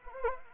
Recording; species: mosquito wingbeat signal from an infrared sensor; Anopheles arabiensis